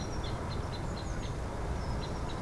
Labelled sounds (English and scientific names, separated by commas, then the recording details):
Eurasian Blue Tit (Cyanistes caeruleus)
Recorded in Germany
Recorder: ecoPi